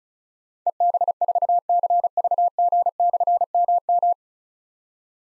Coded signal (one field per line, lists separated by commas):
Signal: Morse code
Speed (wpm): 36 wpm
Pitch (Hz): 700 Hz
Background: none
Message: EB4CVG/MM